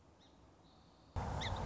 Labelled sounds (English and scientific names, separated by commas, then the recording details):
Song Sparrow (Melospiza melodia)
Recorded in Sonoma County, California